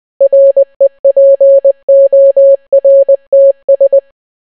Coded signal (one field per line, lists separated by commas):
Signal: Morse code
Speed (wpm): 20 wpm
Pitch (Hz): 550 Hz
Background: none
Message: REPORTS